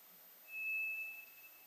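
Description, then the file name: White's thrush singing one long, pure, level whistled note that fades, against quiet hiss. Recorded on 2 July 2007. "toratugumi-20070702"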